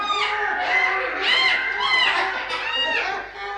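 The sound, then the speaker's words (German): Many colourful birds chirp and warble continuously in a greenhouse of cypress shrubs and lilies, their bright, high-pitched calls overlapping in quick, rising and falling phrases at a steady, moderate loudness. “Diese Zypressenstauden und Lilienkelche, der herrliche Duft und die vielen bunten Vögel.”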